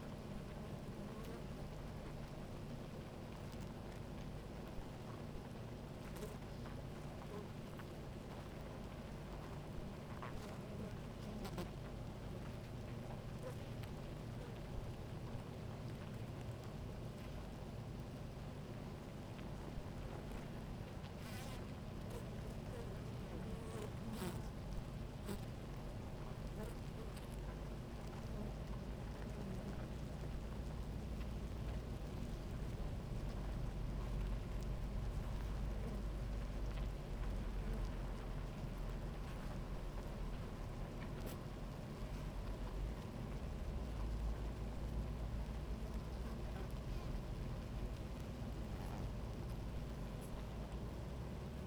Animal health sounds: honeybee colony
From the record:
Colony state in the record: active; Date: 28 July 2017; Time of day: 17:12

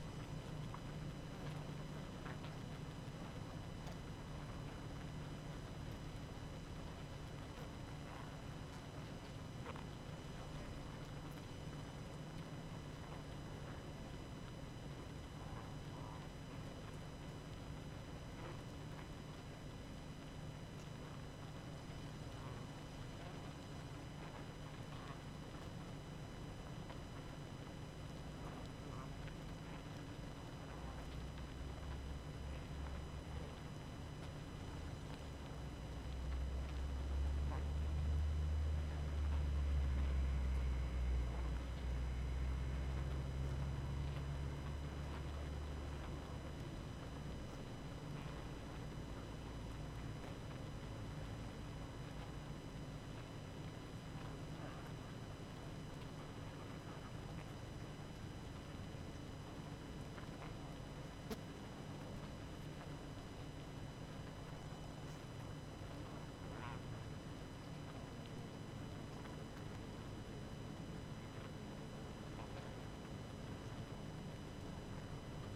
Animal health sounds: honeybee colony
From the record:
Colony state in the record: active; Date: 12 June 2018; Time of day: 19:50

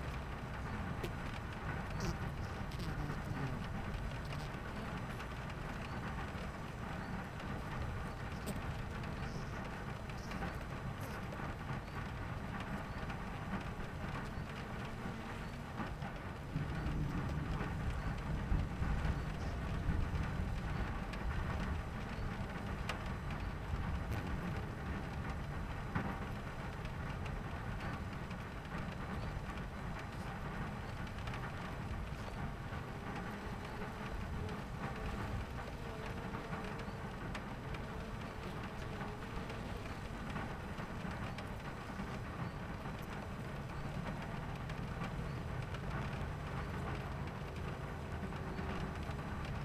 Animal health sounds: honeybee colony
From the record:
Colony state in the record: missing queen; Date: 14 July 2017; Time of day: 11:42

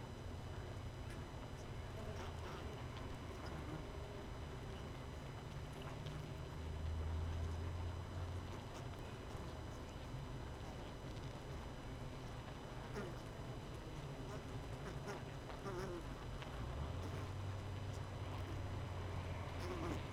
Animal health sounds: honeybee colony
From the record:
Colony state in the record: missing queen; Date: 31 May 2018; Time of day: 18:32

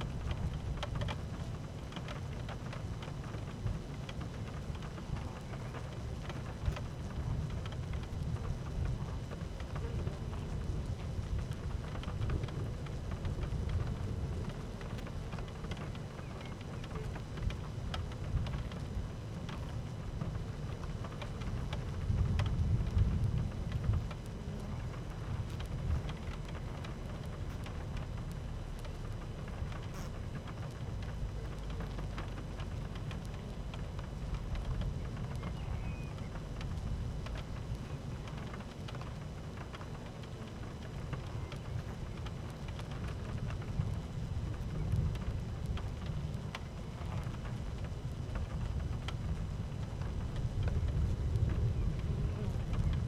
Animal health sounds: honeybee colony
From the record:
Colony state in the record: active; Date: 12 June 2018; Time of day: 12:57

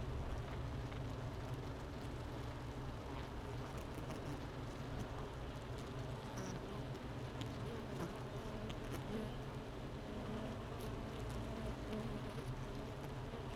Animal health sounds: honeybee colony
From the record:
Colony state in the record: missing queen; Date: 31 May 2018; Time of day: 9:28

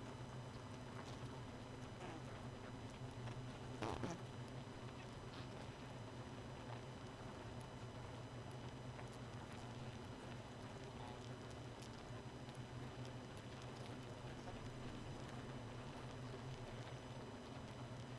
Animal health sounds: honeybee colony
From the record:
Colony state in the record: missing queen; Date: 31 May 2018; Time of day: 0:58

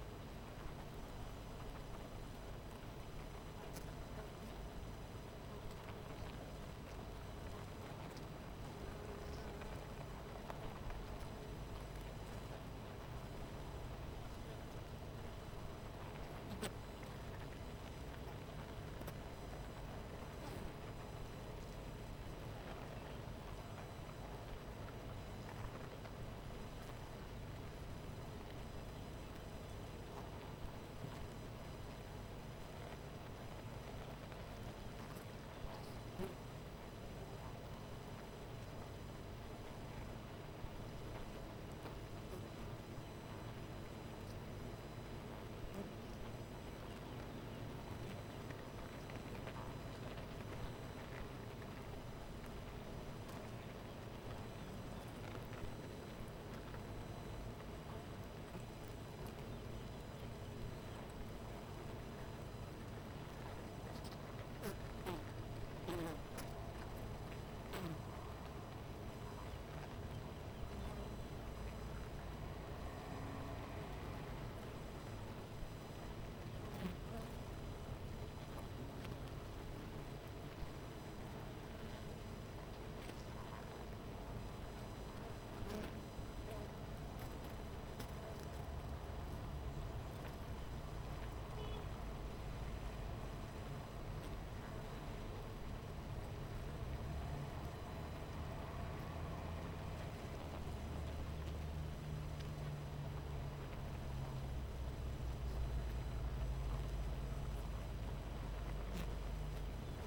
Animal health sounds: honeybee colony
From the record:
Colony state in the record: missing queen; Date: 14 July 2017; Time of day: 12:11

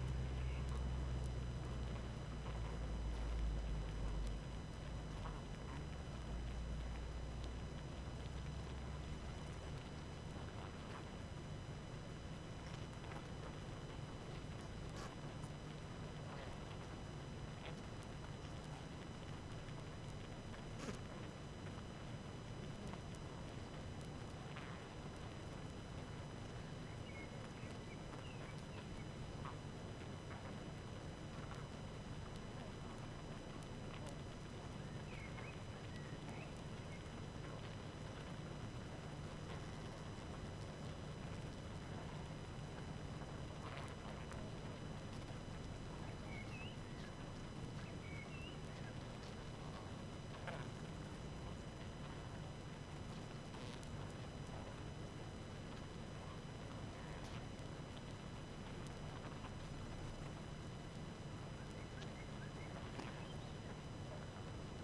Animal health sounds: honeybee colony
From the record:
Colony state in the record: active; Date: 12 June 2018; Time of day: 18:56

